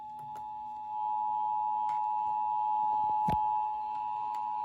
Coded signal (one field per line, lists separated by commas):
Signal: Emergency Alert System (SAME) tones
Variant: 853 and 960 Hz attention tone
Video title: The Never Ending Storms Part 3! EAS alerts from 7/12/2023 to 7/26/2023. [EAS #1,793 - #1,833]